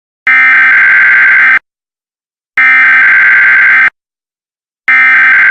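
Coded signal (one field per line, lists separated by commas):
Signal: Emergency Alert System (SAME) tones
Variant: header bursts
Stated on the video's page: Fictional EAS scenario about a suicide ghost.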